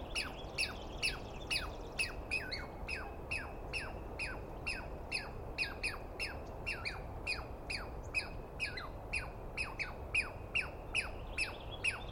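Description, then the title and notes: Douglas squirrel giving a long run of scratchy, falling squeals, irregularly spaced, sometimes bunched in quick pairs, over a steady low hiss. Recorded at dawn on 21 April 2017 in the East Cascades; a single squirrel screaming at length at the recordist, identified by its sound rather than a clear view. "On the morning of 21 April, 2017, I set up my microphones and recorder for a nice dawn recording in the East Cascades. I was started awake by a screaming Douglas Pine Squirrel"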